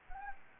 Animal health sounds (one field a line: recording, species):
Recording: mosquito wingbeat signal from an infrared sensor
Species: Anopheles gambiae